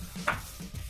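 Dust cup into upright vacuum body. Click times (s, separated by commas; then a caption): 0.3 s. The dust cup of a Eureka AirSpeed EXACT Pet bagless upright vacuum (AS3001AA) is set on the circular rest on the vacuum base and pushed toward the backbone. A single sharp, short click at 0.3 s shows it latching into place, seated.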